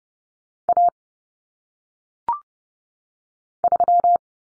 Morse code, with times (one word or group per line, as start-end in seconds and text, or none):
0.7-0.9 A
3.6-4.2 3